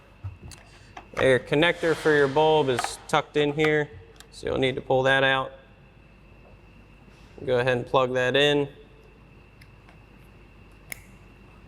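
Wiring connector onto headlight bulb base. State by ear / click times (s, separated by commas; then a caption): seated / 10.9 s. Someone talks while the wiring plug is pushed onto the back of the headlight bulb in a 2014–2018 Sierra 1500 LED light strip projector headlight. After a quiet pause, one sharp click at 10.9 s marks the connector seating in place.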